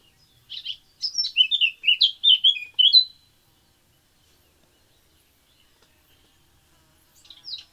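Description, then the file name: Eurasian blackcap song: a scratchy warble rising into loud, clear fluted phrases for about three seconds, then silence before a new warble begins near the end. "Sylvia atricapilla"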